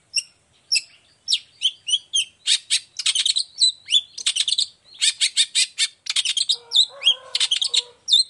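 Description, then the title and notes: Long-tailed shrike in a rich, varied song of rapid chattering trills, sharp upslurred whistles and scratchy notes, with a brief harsh rasp near the end. Cendet singing vigorously in the morning with the 'toet toet' variation, clear-voiced and fully varied; a tutor song easy for any cendet to imitate. "Cendet Gacor Dor Di Kala Pagi Toet Toet Variasi Suara. Cendet Gacor Suara Jernih Full Variasi. Burung cendet"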